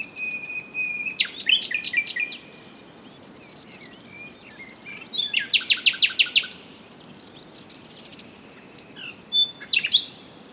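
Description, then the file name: Common nightingale song in three phrases: a sustained high whistle with sharp notes, then a loud run of rapidly repeated buzzy notes, then a short final burst, with quiet pauses between. "Luscinia megarhynchos"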